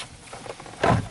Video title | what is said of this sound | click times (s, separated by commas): 2003 Honda Odyssey Dashboard / Instrument Cluster Light Replacement | back into their original locations, and you hear the snap. | 0.8 s